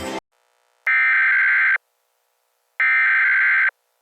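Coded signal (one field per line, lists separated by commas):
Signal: Emergency Alert System (SAME) tones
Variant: header bursts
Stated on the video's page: Fictional EAS scenario edited in YouCut with sound effects from freesound.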